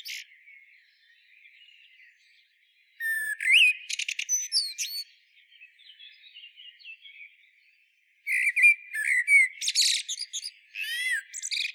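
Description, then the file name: Eurasian blackbird singing two phrases several seconds apart, each a mellow whistled opening followed by rapid high, scratchy twittering notes. "Turdus merula"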